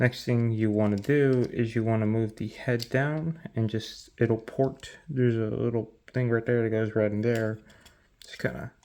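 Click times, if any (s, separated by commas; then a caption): none. Someone talks while moving the head of a plastic Studio Series KSI Widow Transformers figure down and guiding its small head tab toward its slot in the torso, with faint handling noises under the speech. Nothing has seated or clicked yet.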